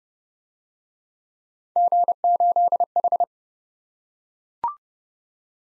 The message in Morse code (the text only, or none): G8H